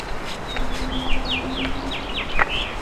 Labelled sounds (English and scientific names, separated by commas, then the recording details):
House Finch (Haemorhous mexicanus) song
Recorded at Massapequa on Long Island, New York, on 14 May 2013
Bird F